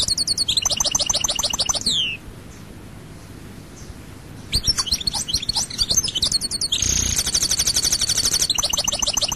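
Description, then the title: European goldfinch song of bright, tinkling twitters and dry buzzy trills, broken by a short pause before resuming in a lively rush. "Chant Chardonneret"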